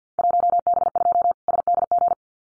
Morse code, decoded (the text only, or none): 1B2 SDG